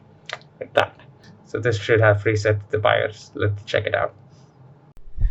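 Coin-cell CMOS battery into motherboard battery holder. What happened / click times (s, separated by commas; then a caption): The coin-cell battery snapped into its holder / 0.3 s. A silver coin-cell CMOS battery is pushed back into its motherboard battery holder and clicks into place at 0.3 s, seated, with a couple of smaller ticks just after. Someone then talks over a low hum.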